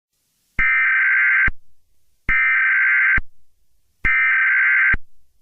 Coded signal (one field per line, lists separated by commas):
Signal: Emergency Alert System (SAME) tones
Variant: header bursts